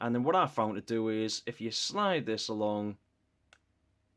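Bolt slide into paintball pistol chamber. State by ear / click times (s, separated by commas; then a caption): seated / 3.5 s. Someone talks while sliding the spring-loaded bolt/chamber slide of an Umarex T4E HDR 50 paintball pistol forward after loading. After the talking stops, a single faint, short click sounds at 3.5 s as the bolt seats in the chamber.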